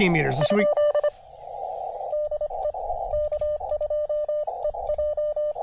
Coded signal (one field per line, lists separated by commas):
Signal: Morse code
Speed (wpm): 26 wpm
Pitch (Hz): 600 Hz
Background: speech, radio noise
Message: ? DE K2EJ